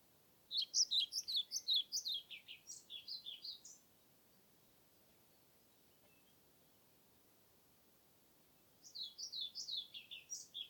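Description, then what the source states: European Pied Flycatcher song, two rapid phrases of high chirpy notes separated by a five-second pause, the first phrase fading slightly toward its end, over faint background hiss. Submitted recording, dated 25 May 2021, from Nordvik; made with a Zoom recorder.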